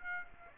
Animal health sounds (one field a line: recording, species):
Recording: mosquito wingbeat signal from an infrared sensor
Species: Aedes aegypti